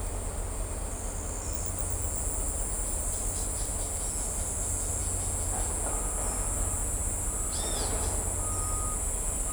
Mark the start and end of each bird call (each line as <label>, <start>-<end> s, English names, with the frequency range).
Wattled Jacana (2.6-6.4 kHz), 2.81-5.72 s
Pale-eyed Pygmy Tyrant (2.7-6.9 kHz), 7.53-7.88 s